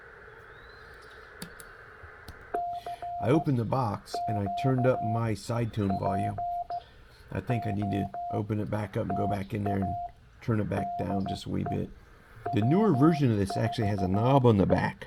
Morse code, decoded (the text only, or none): CQ POTA DE W4E